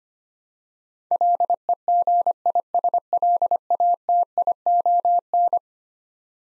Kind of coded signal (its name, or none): Morse code